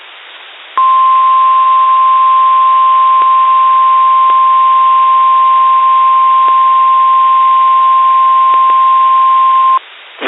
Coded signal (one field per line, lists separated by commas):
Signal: Emergency Alert System (SAME) tones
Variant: 1050 Hz attention tone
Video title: Severe Weather EAS Alerts on WXJ42 Meriden, CT (5/22/22) (EAS #8-11)